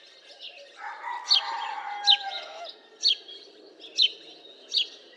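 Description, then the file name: House sparrow with a handful of loud chirps spaced about a second apart, and a brief rushing, noisy sound early on. "Passer domesticus"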